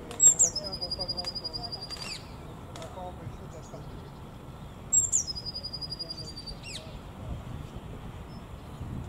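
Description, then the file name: Eurasian blue tit singing twice, each phrase a high thin note then a fast level trill, about five seconds apart, over steady background noise. "MESANGE BLEUE chant"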